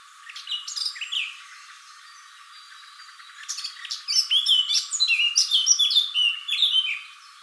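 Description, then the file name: Eurasian blackcap song: a brief scratchy warble, a pause, then a longer burst of rich, fast, varied notes with bright fluty phrases near the end. "Sylvia atricapilla"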